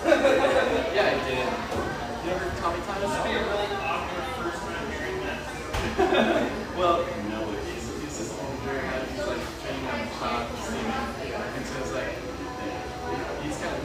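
Lively coffeeshop ambience of many overlapping voices talking at once, a steady murmur with a few brief clatters near six seconds.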